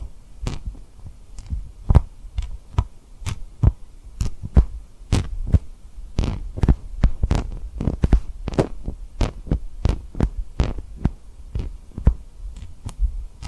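Tapping on a rhinestone lip trigger object in quick uneven taps, each a sharp click with a soft thud, over a low steady hum.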